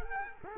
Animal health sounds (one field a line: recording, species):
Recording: mosquito wingbeat signal from an infrared sensor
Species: Culex quinquefasciatus